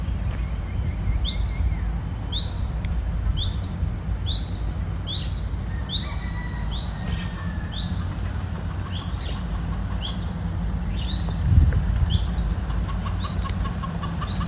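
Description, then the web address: Crested goshawk calling in a long series of shrill upslurred whistles, roughly one each second, some paired, against constant low rumble and a high-pitched background hiss. "sound Crested-goshawk. صدای-پرنده-شهباز-کاکلدار"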